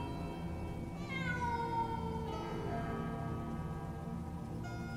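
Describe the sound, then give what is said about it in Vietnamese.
A stray cat lets out a long, drawn-out meow that slides downward in pitch, loud and wavering, over a steady low background hum with no voices. “Cho đến khi cái thứ kia nó kêu lên thì chúng tôi mới nhận ra là một con mèo hoang, chứ không phải là yêu tinh quỷ quái.”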